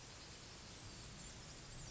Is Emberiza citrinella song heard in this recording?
no